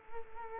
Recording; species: mosquito wingbeat signal from an infrared sensor; Culex quinquefasciatus